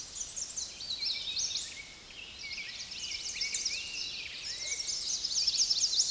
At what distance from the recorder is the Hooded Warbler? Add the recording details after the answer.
about 45 m. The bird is about 5 m below the microphone. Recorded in a Pennsylvania forest on 16 May 2024 at 06:43. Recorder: AudioMoth, point MSD-0407. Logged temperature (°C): 15.8 °C. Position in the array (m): 33 m, 173 m